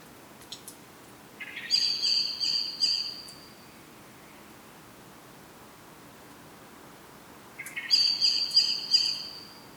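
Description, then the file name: Common blackbird giving two bursts of high, thin, pulsing notes about six seconds apart, each starting with a short lower scratchy note, quiet in between. "Turdus merula"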